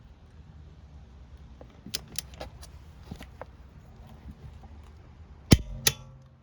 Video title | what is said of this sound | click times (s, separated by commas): Stop Wheel Theft! How To Install Wheel Locks On Your BMW | and tighten this down until it clicks | 5.5 s, 5.9 s